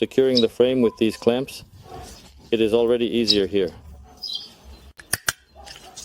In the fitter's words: Until it clicks.